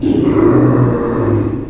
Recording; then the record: squeal of a Yucatan mini pig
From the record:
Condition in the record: before surgery on the right vocal fold (resection and tissue-engineered implant); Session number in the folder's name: 1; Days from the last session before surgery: -3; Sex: male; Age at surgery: 12 weeks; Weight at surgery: 13 kg